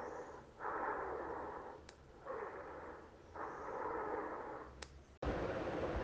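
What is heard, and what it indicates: Wheezes heard through a stethoscope: repeated breaths carry a hissing, whistle- or whisper-like sound in the mid range, with a brief louder noise at the end. Air flows rapidly through obstructed airways; wheezes may be diffuse across the whole lung or sparse in specific regions, and occur in asthma, especially during attacks, emphysema and airway obstruction.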